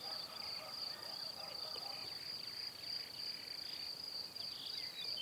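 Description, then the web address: Steady high cricket trill running throughout. "Kurs PTTK Przyroda Ptaki Świerszcze"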